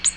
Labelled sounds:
Ovenbird flight call

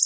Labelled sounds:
Black-throated Blue Warbler flight call

